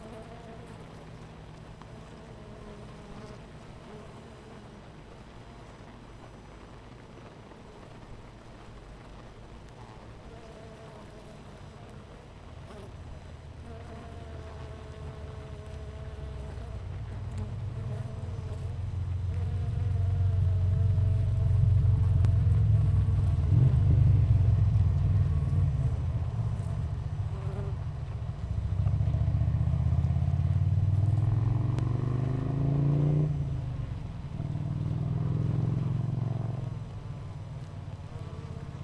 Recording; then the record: honeybee colony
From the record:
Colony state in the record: missing queen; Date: 14 July 2017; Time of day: 8:50